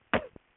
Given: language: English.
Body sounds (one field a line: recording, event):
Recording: throat vibration sensor signal played as sound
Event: cough